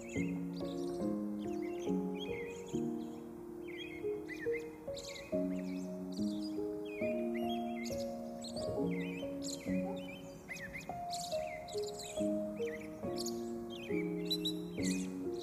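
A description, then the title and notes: Gentle piano plays a slow, flowing melody in the low and middle range, its notes ringing and overlapping steadily. Birds chirp and trill almost constantly above it, bright, with brief busier bursts of song throughout. Beautiful Piano Music with Nature Ambience by Open Window. The sweet sound of nature and classical piano.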